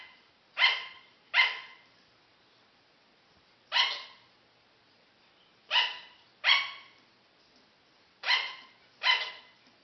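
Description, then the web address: Sugar glider barks: sharp, high yaps given mostly in pairs, with gaps of about two seconds between them, and nothing else clearly heard. "paul. sugar Glider"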